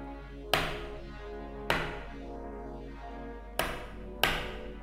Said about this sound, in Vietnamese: Quái lạ, cái tiếng gõ to lắm mà. Vào phòng, vừa nằm xuống chưa kịp vén mền lên đắp thì lại là tiếng gõ cửa vang lên.